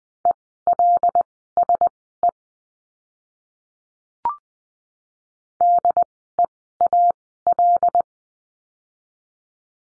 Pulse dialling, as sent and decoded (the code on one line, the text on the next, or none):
none